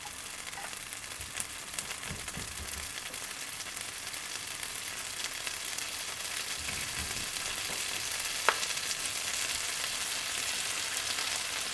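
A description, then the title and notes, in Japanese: Corn fries in a pan with a dense, steady bright sizzle, a few low knocks early on and a sharp clink near eight seconds. フライパンで炒める音 – Frying Sound。フライパンでコーンを炒めています。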